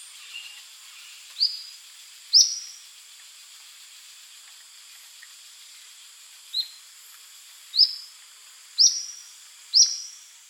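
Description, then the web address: Olive-faced flatbill calling: a series of sharp, high, rising notes at uneven intervals, some soft and some loud, in a quiet background. Recorded in South America, in Ecuador. "Natures Songs S America Birds of Ecuador Olive-faced Flatbill"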